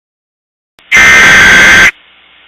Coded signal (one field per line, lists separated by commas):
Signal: Emergency Alert System (SAME) tones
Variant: header bursts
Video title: Emergency Alert System - Suicidal Tendencies (S1EP1)